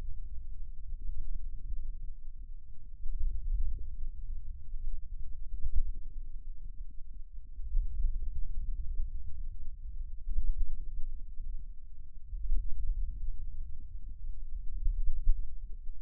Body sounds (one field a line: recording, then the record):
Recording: forearm muscle sounds (acoustic myography)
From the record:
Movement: wrist extension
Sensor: system 2, bracelet of six BSWA MPA416 microphones around the upper forearm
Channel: 1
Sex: male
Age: 22 years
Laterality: right